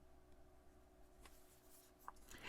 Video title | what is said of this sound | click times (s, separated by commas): I Reviewed 54 iPhone 17 Pro Max Cases —These Are the Best & Worst! | So, let's put our phone inside the case here. Snaps right into place. | 2.1 s